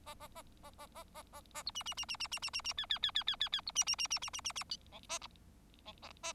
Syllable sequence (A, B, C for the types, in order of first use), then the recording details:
A A A A A A A A A B C C C C C C C C C D D D D D D D B C C C C C C C C C E A E A A. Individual Bird4